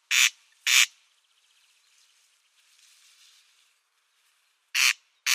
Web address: Schulze Peter Corn Crake display